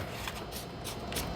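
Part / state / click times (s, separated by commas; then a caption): magazine cap nut onto shotgun magazine tube / not seated / none. A magazine cap nut is screwed onto the magazine tube of a Military Armament Corporation M2 3 gun model shotgun, producing a steady dry, broadband rasping with brief brighter bursts around 0.3, 0.9 and 1.2 seconds. The nut is handled and being tightened, and nothing has seated or clicked home yet.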